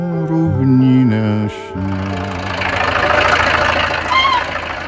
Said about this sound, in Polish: Na blisko 30 tysiącach kilometrów linii kolejowych naszego kraju, mimo mrozu i zamieci, praca nie ustaje. Krzyżują się polecenia, sapią lokomotywy, dudnią wagony na górkach rozrządowych.